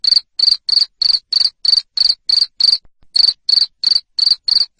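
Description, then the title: Cricket chirping in shrill, buzzy bursts roughly three per second, with one brief break before the pulses continue. Loud cricket chirping used to stimulate lovebirds into continuous ngekek singing. "Suara JANGKRIK NGERIK Keras Bikin LOVEBIRD Jadi NGEKEK Terus Vubey"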